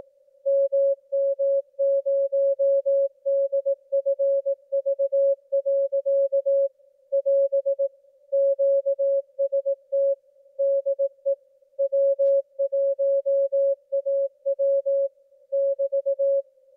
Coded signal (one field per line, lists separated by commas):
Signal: Morse code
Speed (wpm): 18 wpm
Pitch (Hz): 550 Hz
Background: music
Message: MM0DFV. <AS> QST DE W1AW <BT>